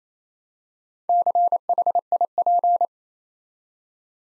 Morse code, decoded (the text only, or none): CHIP